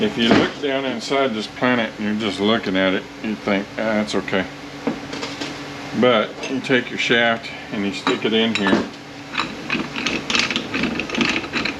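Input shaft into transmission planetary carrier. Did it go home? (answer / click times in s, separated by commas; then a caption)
no / 10.1 s, 10.3 s, 10.6 s, 11.0 s, 11.2 s, 11.4 s. A splined steel input shaft is inserted into a planetary carrier from a 6R80 Gen 2 transmission and turned while someone talks. The stripped internal splines let it slip, giving a rapid series of ratcheting clicks at 10.1, 10.4, 10.6, 11.0, 11.2 and 11.4 seconds. The planet is stripped out, and that is what throws the code.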